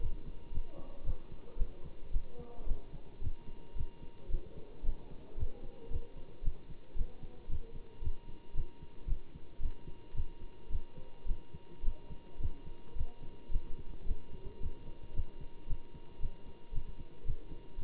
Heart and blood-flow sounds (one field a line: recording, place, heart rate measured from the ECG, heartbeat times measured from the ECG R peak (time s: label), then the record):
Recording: heart sounds by stethoscope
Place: between the tricuspid and mitral areas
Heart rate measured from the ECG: 111 bpm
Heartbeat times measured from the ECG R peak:
0.50 s: heartbeat
1.03 s: heartbeat
1.56 s: heartbeat
2.11 s: heartbeat
2.65 s: heartbeat
3.20 s: heartbeat
3.74 s: heartbeat
4.29 s: heartbeat
4.83 s: heartbeat
5.36 s: heartbeat
5.89 s: heartbeat
6.42 s: heartbeat
6.95 s: heartbeat
7.48 s: heartbeat
8.01 s: heartbeat
8.54 s: heartbeat
9.07 s: heartbeat
9.59 s: heartbeat
10.13 s: heartbeat
10.69 s: heartbeat
11.25 s: heartbeat
11.82 s: heartbeat
12.38 s: heartbeat
12.95 s: heartbeat
13.50 s: heartbeat
14.05 s: heartbeat
14.59 s: heartbeat
15.13 s: heartbeat
15.66 s: heartbeat
16.19 s: heartbeat
16.72 s: heartbeat
17.24 s: heartbeat
17.76 s: heartbeat
From the record:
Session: Bruce protocol treadmill stress test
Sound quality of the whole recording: good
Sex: male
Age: 25 years